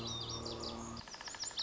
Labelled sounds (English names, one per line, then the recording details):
Lazuli Bunting
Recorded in Sonoma County, California